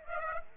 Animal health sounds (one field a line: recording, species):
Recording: mosquito wingbeat signal from an infrared sensor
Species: Aedes aegypti